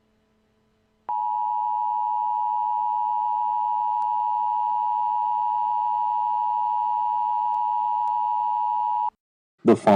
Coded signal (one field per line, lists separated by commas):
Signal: Emergency Alert System (SAME) tones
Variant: 853 and 960 Hz attention tone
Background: speech